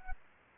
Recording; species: mosquito wingbeat signal from an infrared sensor; Aedes aegypti